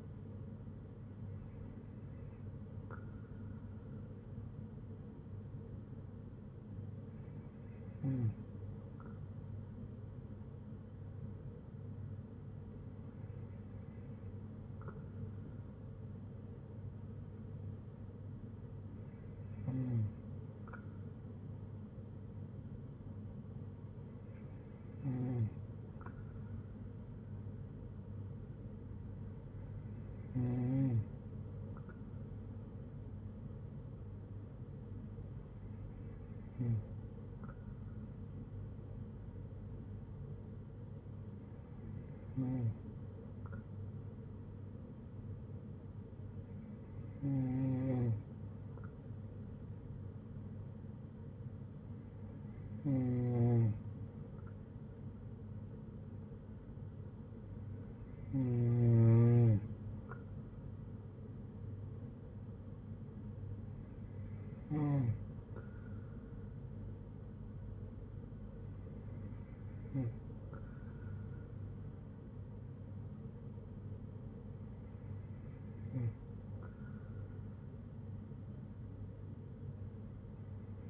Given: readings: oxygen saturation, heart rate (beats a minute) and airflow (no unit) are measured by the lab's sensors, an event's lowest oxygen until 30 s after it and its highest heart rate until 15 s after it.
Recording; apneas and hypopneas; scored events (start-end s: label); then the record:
breathing in sleep by a smartphone at the bedside; none
none scored
From the record:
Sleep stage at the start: N2 (light sleep); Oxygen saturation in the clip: 93 to 94%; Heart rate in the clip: 57 to 66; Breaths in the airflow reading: 14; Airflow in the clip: -6.1 to 4.9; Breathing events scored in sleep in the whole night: 182 in 7.4 hours asleep